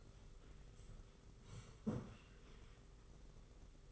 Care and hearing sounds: daily activity, microphone in the room; sit down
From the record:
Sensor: 4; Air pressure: 991.2 hPa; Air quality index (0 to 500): 136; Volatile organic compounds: 53 ppm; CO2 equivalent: 3329 ppm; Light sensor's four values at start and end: 25/80/30/31 and 25/80/30/31

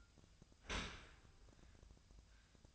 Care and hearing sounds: daily activity, microphone in the room; open dishwasher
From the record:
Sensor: 2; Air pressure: 1004.5 hPa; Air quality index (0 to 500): 107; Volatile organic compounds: 2 ppm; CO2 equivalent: 1296 ppm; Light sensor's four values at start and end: 6/15/6/6 and 6/15/6/6

